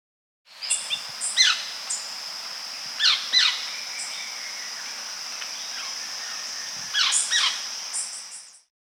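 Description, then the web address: Carmiol's Tanager calls: short sharp chips and downslurred notes in a few clusters, over a steady high hum throughout. "Natures Songs S America Andean Birds. Carmiol's Tanager (Chlorothraupis Carmioli)"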